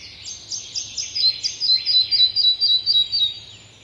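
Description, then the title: Red-breasted flycatcher song, a high-pitched series of quickly repeated notes, about four per second, dropping slightly in pitch toward the end. "Viikon luontoääni: Pikkusieppo"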